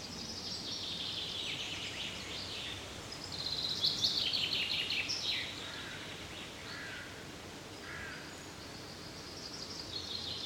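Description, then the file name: Common chaffinch song: several rattling phrases that drop in pitch, the loudest midway. "Fringilla coelebs"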